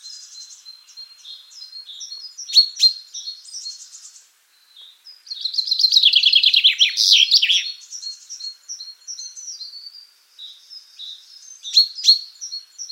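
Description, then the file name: Common chaffinch song: a quick series of high notes falling into a lower trill that ends in a flourish, among scattered sharp high notes before and after. "Fringilla coelebs"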